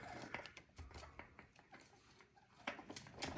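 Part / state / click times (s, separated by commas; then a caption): crimped pin terminal into ECU wiring connector housing / not seated / none. A crimped pin terminal is pushed one-handed into the third cavity of an ECU wiring connector housing on a Toyota Aristo JZS161, expected to click and lock. Short scraping taps and pushes are heard, with sharper ones around 2.7 s and 3.0 s. The terminal has not clicked or seated yet in this stretch.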